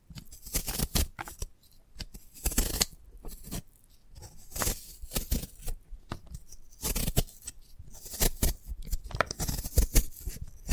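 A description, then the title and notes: Crisp handling of a sprouted coconut: quick scratching, tapping and crackling bursts come in irregular clusters, with brief quiet gaps between them. The sounds are bright and dry. ASMR of a Sprouted Coconut (No Talking).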